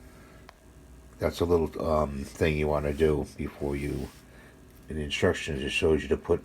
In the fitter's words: snap it in there you'll hear a snap in so that's